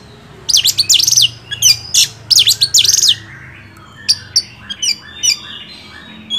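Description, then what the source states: Oriental magpie-robin singing harsh, buzzy, high bursts in quick succession, then a quieter stretch of scattered short chips and whistles. Champion (juara) kacer song, used to train other songbirds (masteran).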